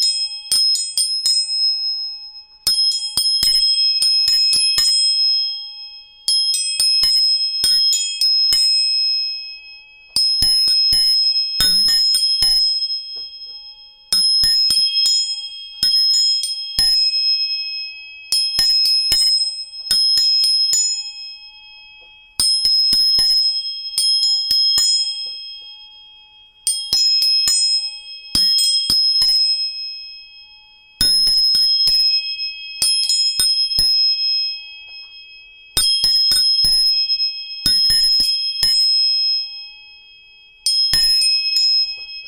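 Tuning forks are struck again and again, every few seconds, often in quick pairs or triplets with a sharp metallic tap on each strike. Clear, steady pure tones ring out and slowly fade between hits, one lower and others high and bright, in a quiet room.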